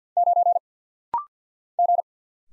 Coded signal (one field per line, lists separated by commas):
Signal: Morse code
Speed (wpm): 48 wpm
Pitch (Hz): 700 Hz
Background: none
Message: 9 G